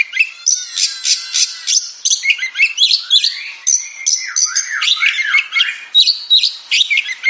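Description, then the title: Oriental magpie-robin singing a fast, varied medley of scratchy chatter, sharp squeaks and sweet slurred whistles that rise and fall, delivered almost without pause. Described as a champion singing bird, its song presented as contest-winning chirping. "Kicau Burung Kacer Juara"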